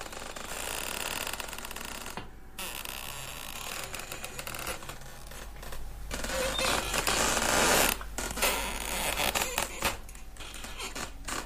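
Harsh screeching and creaking scrapes from something at holes in a wall at midnight grind on in long, rough bursts with brief pauses between, loud and gritty throughout, growing a little stronger toward the end. No one speaks.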